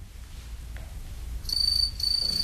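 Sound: house crickets chirping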